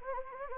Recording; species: mosquito wingbeat signal from an infrared sensor; Anopheles gambiae